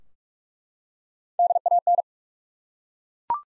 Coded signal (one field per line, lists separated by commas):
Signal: Morse code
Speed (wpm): 42 wpm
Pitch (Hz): 700 Hz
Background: none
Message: DAN